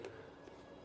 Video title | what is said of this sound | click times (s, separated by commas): Jeffree Star & His latest endeavors - Pokimane hangs with JiDion - Weekly YouTube Recap #42 | This is airtight. So when you close it and turn it, you will hear a click. | 0.0 s